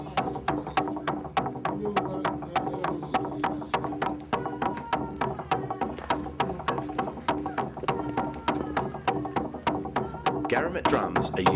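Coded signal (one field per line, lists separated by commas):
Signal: drum signal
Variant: garamut slit drum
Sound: rapid, steady wooden slit-drum strokes with hollow low resonance, continuing throughout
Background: other percussion, voices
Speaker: this is the house timber man and it's full of garment drums. Garammit drums are used as a traditional form of communication to send messages and warnings between villages.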